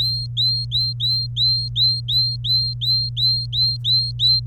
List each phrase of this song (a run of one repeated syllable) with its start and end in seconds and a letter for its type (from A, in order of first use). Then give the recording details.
0.00-4.41 A. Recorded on 26 April 2018 at 14:55. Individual llb3